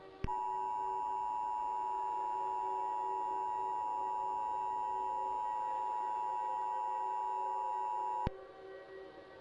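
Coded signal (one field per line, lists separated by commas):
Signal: Emergency Alert System (SAME) tones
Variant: 853 and 960 Hz attention tone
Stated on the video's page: Fictional EAS scenario.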